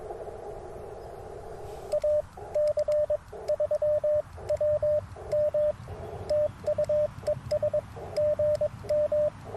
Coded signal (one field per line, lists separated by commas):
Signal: Morse code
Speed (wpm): 22 wpm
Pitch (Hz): 590 Hz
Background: radio noise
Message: AC3WM TU ES GM